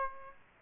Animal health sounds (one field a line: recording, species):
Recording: mosquito wingbeat signal from an infrared sensor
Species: Aedes aegypti